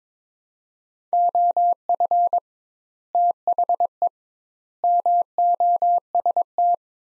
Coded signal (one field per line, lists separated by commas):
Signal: Morse code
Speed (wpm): 22 wpm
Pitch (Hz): 700 Hz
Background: none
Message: OF THE MOST